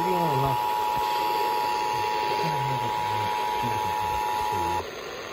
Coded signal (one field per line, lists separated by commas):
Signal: Emergency Alert System (SAME) tones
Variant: 853 and 960 Hz attention tone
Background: speech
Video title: TEXAS REQUIRED MONTHLY TEST (REAL EAS#4150-4152)